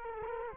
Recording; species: mosquito wingbeat signal from an infrared sensor; Culex quinquefasciatus